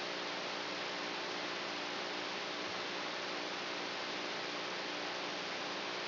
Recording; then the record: brain microelectrode recording played as sound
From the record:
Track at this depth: inside the subthalamic nucleus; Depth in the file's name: 4.003 mm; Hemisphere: right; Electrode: 3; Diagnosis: Parkinson's disease